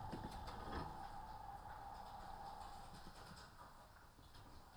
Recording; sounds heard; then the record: poultry house recording; healthy chickens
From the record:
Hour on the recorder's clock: 15